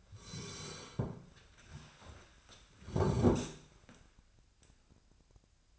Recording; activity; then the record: daily activity, microphone in the room; sit down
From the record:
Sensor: 2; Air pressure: 1015.1 hPa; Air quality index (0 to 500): 126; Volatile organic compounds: 4 ppm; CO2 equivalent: 1628 ppm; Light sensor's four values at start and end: 11/30/11/13 and 12/32/12/14